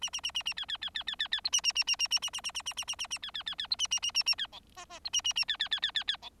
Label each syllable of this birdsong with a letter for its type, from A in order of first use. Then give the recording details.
A A A A A B B B B B B B C A A A A A A A A A A A A A A A B B B B C A A A A A B D E E C A A A B B B B B B D. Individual Bird4